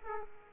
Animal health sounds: mosquito wingbeat signal from an infrared sensor; Aedes aegypti

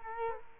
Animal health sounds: mosquito wingbeat signal from an infrared sensor; Culex quinquefasciatus

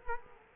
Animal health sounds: mosquito wingbeat signal from an infrared sensor; Culex quinquefasciatus

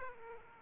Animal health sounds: mosquito wingbeat signal from an infrared sensor; Aedes aegypti

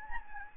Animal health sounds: mosquito wingbeat signal from an infrared sensor; Anopheles gambiae

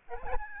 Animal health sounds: mosquito wingbeat signal from an infrared sensor; Aedes albopictus

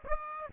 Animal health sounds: mosquito wingbeat signal from an infrared sensor; Aedes aegypti

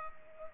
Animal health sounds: mosquito wingbeat signal from an infrared sensor; Culex pipiens

